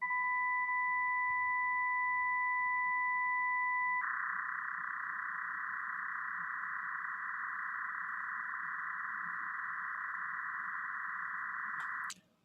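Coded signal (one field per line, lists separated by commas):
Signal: MT63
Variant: MT63-1000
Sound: two steady tones for four seconds, then dense even hiss-like warble for eight seconds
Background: faint low hum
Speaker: the next one mt63 an orthogonal frequency division multiplexed Digital Data mode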